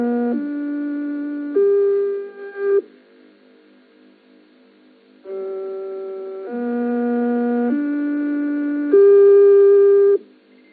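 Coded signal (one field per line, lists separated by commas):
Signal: numbers station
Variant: G08 interval signal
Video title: Zahlensender/Number Station "G08" (4 Note Rising Scale/Magdeburg Annie) DDR/GDR (1980)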